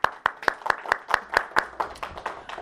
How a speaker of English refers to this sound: Clap for yourself again.